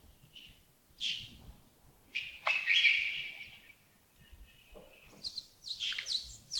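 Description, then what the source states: Birds calling with loud sharp chirps and a drawn-out squeaky note, followed by a cluster of quick high tweets. Early morning at Yagongding (亚公顶), 28 December 2025, about 07:40.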